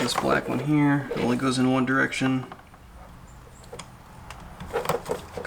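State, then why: Seated. On a BMW E46 door being refitted, a black speaker connector that only fits one way is pushed into its door speaker socket. Someone talks, then small plastic clicks and taps follow, and the connector snaps in and seats at 4.9 s.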